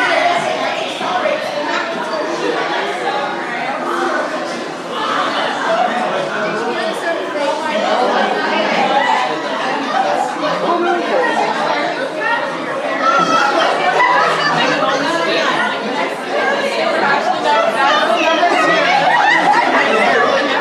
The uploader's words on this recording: Disneyland - Space Mountain. This track includes some of the queue and a full ride thru. Of course getting clear audio on-ride is a little difficult.